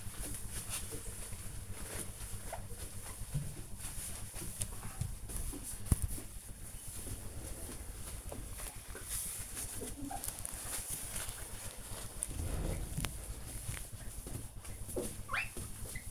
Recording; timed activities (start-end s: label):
household activities, microphone on the right wrist
0.00-16.11 s: window cleaning